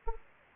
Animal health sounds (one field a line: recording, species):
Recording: mosquito wingbeat signal from an infrared sensor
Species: Anopheles gambiae